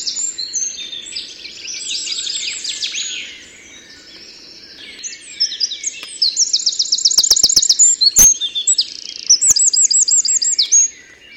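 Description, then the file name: Eurasian wren song: a rapid outpouring of high, tinkling notes with fast rattling trills, a brief pause midway, then another loud trilled burst; a few sharp clicks. "Troglodytes troglodytes"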